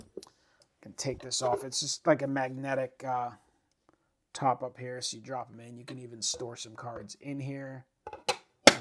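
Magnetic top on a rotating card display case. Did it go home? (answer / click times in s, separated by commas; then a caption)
yes / 8.7 s. Someone talks while cards are dropped into a rotating card display case with a removable magnetic top. Two quieter knocks come just before the magnetic top snaps back into place with a sharp click at 8.7 s, seating it on the display.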